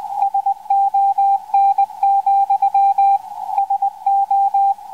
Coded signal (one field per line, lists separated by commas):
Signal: Morse code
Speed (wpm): 20 wpm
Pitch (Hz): 790 Hz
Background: radio noise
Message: SON, SO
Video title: Morse recording from 80 meters (original + decoded by Fldigi)